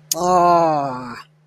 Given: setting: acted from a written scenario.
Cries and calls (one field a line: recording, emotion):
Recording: vocal sound without words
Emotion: embarrassment